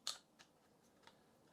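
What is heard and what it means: A USB-C hub is slid into the grooves of its tablet stand, and a sharp, bright click at 0.1 s marks it locking in place, followed by fainter ticks around 0.4 s and 1.1 s. The hub is seated, though it can still move somewhat.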